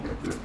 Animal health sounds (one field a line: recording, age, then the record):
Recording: pig call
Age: growing-finishing pig (85 days or more)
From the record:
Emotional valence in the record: positive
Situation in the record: run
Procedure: transit